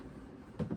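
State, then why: Not seated. A plastic lid is being pressed down onto a plastic homebrew pail fermenter. A low background hum runs under the clip, and two soft, muffled handling bumps come near 0.6 and 0.7 seconds. The lid has not clicked shut or sealed yet.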